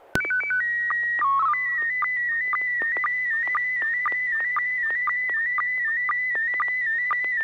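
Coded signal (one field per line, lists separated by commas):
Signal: SSTV (slow-scan television)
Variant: PD 120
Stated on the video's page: SSTV net on an FM repeater on 441.300 MHz.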